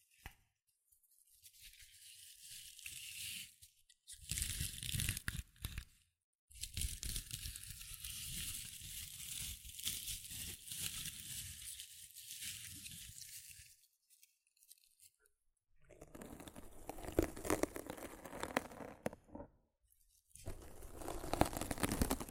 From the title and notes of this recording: ASMR Rough Mic Scratching & Brushing (No Talking).